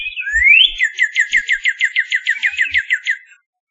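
Northern Cardinal song: a long rising whistled sweep followed by a steady fast series of many clipped downslurred notes.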